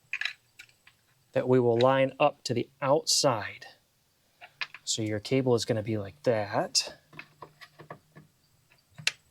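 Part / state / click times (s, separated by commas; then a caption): power cable connector into battery pack port / seated / 9.1 s. A power cable connector is lined up by its notch to the outside and pushed into a port on a BLUETTI B500 battery pack for an EP800 system while someone talks, with faint handling taps throughout. The connector twist-locks with a sharp click at 9.1 s and is seated.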